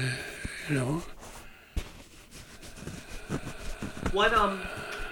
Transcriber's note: sound of clothing rustling